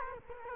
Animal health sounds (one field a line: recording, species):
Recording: mosquito wingbeat signal from an infrared sensor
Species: Culex quinquefasciatus